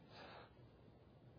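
One brief, muffled, breathy sneeze from an adult man during a sermon, then quiet room noise.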